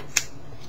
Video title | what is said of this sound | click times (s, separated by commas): LoPresti BoomBeam HID light for Piper Arrow | you'll hear a nice click and you'll know that it's in there uh | 0.2 s